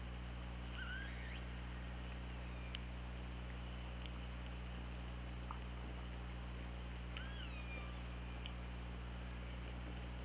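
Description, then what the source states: Orca calls: two short whistled tones that bend up and then sweep down, around one and seven seconds, over steady underwater hiss and a low hum. Recorded on an OrcaLab hydrophone, 24 August 2017 at 21:34.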